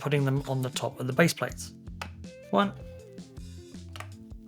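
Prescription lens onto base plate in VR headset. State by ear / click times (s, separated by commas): seated / 4.0 s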